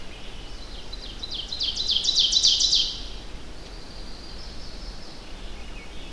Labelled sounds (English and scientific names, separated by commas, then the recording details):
Ovenbird (Seiurus aurocapilla) song
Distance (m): 15 m
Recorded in boreal forest in Alberta, Canada, on 25 June 2016 at 08:10
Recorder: SongMeter 3, array SBT-6-76
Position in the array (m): 298 m, 81 m
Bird 1